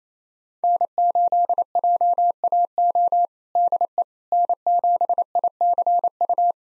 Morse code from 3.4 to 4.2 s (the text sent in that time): DE